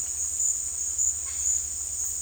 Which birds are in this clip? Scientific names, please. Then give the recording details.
Cacicus cela. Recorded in dense forest near Puerto Asís, Putumayo, Colombia, on 18 February 2024 at 15:00. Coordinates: 0.485, -76.318. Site G6408